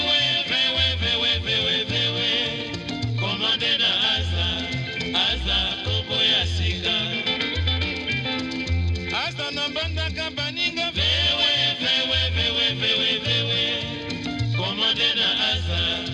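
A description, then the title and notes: Congolese rumba plays steadily and densely, with a bouncing bass line pulsing in a regular pattern beneath bright, busy guitar lines that weave and bend throughout. The level stays full and even from start to finish, with no pauses. A 56 minute radio show broadcast in Bristol UK.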